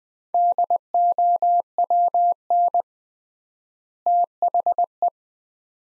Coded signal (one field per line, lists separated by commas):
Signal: Morse code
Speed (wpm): 20 wpm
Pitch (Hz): 700 Hz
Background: none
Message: DOWN THE